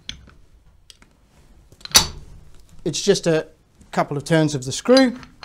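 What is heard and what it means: A machined soft aluminium jaw is being fitted onto a milling vice and secured with a couple of turns of the screw. Someone talks while a few light handling clicks sound, with a sharper knock near 2.0 s. Nothing has seated or snapped into place yet.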